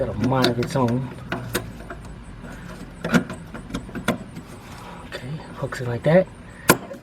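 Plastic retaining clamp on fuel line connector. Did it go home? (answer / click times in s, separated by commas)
yes / 6.7 s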